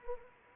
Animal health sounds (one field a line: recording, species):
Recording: mosquito wingbeat signal from an infrared sensor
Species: Anopheles arabiensis